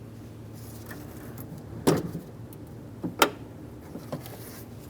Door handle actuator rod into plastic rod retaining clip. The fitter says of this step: Once you hear it click, go ahead and try to give that rod a tug.